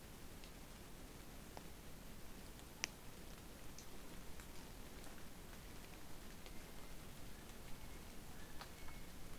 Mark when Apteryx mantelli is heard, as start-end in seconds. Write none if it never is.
6.39-9.39